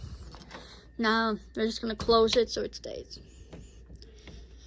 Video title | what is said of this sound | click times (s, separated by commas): Door Opened By Itself! | Okay, so that's closed where it's not clicked in, but like it's still obviously closed, right? | none